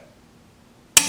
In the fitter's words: community there you go we clicked we'll do it again